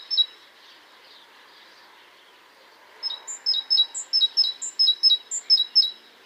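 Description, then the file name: Great tit: one brief note, a few quiet seconds, then a steady string of ringing two-note phrases repeated rapidly to the end. "Parus major"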